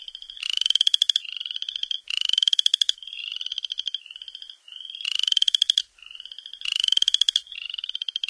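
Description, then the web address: Upland chorus frogs trilling: ratchet-like pulsed calls rising in pitch, repeated every one to three seconds, overlapping with fainter trills from other frogs of the chorus. North America. "Songs of Frogs Toads of North America. Upland Chorus Frog"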